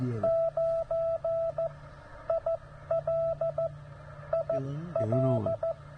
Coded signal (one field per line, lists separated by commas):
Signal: Morse code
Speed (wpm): 14 wpm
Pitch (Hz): 690 Hz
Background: none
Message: 9 IL IL